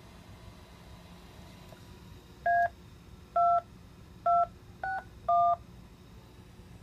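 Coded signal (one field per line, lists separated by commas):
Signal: DTMF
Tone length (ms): 220 ms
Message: A2261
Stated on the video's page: Local 6-meter and west coast 10-meter repeaters received on Kenwood TS-590 and TS-2000 via remote base.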